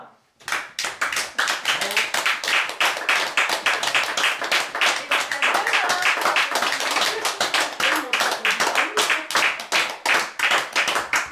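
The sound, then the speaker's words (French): A crowd applauds an improv theatre performance steadily, a dense rapid stream of overlapping hand claps that holds a loud, even level for about ten seconds before starting to thin out. “On vous remercie beaucoup de vos applaudissements”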